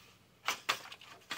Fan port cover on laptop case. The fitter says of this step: cover here that snaps in place that come comes off